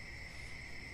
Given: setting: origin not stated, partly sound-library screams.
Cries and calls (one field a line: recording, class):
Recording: one-second piece from a danger detection set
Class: normal situation